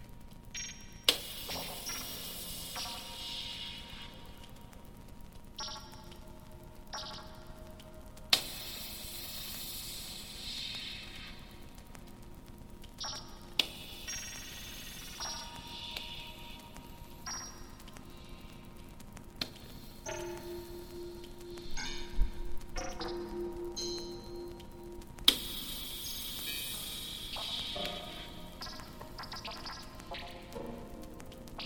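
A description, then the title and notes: Walking through passageways, with a steady low rumble underneath and sharp clicks or thuds every few seconds, around 1, 8, 13, 20 and 25 seconds. Bright hissing swells rise and fall between them, while thin electronic tones from monitors and timers hold steadily throughout. The Ambient Spaceship Soundscape. Connecting these are various sections of passageways, walking on soft and hard textured surfaces, and various computer-controlled monitors and timers heard along the way.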